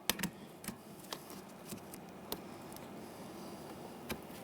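The hooked end of the door lock cable on a 2009-2014 Nissan Maxima is slid into its port on the inside door handle during a front window motor replacement. A sharp click at 0.1 s marks it hooking home and seating, followed by several fainter ticks and knocks against a steady low background.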